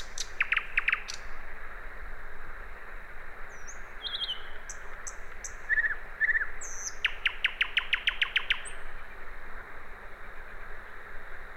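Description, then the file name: Common nightingale song: sharp repeated chips, thin whistles and a fast rattling burst of clicks, set against a continuous low rumble. "Luscinia megarhynchos"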